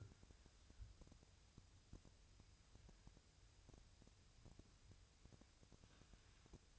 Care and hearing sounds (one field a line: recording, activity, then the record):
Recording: daily activity, microphone in the room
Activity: wipe stove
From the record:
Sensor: 2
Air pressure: 1001.5 hPa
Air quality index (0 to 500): 225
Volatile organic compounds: 25 ppm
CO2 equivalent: 2828 ppm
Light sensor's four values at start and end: 7/26/10/9 and 7/26/10/9